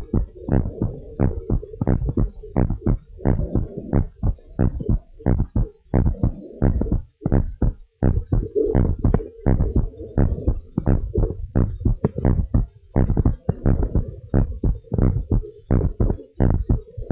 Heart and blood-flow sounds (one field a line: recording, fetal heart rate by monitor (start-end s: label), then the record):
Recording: heart sounds of a pregnant woman by stethoscope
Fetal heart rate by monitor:
no fetal heartbeat
From the record:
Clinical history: decreased amniotic fluid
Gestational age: 29 weeks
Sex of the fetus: boy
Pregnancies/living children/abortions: 1/0/0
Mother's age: 24 years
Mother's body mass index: 23.7